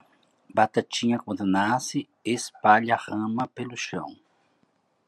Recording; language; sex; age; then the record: short text; Brazilian Portuguese; male; 60 to 69 years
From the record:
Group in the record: control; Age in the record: 65 years